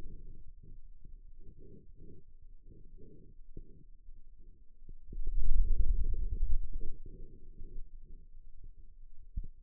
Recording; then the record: forearm muscle sounds (acoustic myography)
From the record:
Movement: hand opening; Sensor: system 2, bracelet of six BSWA MPA416 microphones around the upper forearm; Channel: 4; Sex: male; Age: 22 years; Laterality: right